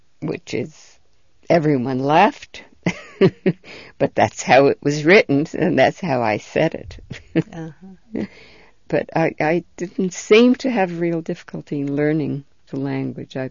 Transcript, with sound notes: Which is, everyone laughed, but that's how it was written, and that's how I said it. ( she laughs ) But I didn't seem to have real difficulty in learning the language.